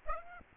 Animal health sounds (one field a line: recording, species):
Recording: mosquito wingbeat signal from an infrared sensor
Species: Aedes aegypti